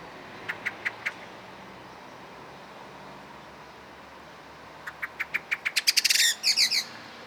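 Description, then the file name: Common blackbird giving sharp clicking chuck notes, four spaced notes, then a quickening burst rising into a loud chattering rattle, over steady low traffic hum. "Turdus merula"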